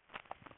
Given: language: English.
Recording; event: throat vibration sensor signal played as sound; swallow